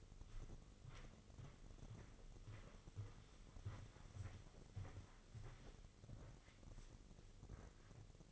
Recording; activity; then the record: daily activity, microphone in the room; walk to room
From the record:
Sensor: 4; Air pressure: 996.3 hPa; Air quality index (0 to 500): 79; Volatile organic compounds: 3 ppm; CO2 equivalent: 1506 ppm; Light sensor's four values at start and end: 19/52/20/21 and 19/51/19/21